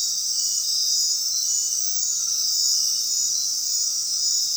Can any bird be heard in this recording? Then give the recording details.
no. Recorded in dense forest near Puerto Asís, Putumayo, Colombia, on 20 February 2024 at 21:00. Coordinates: 0.466, -76.327. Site G6413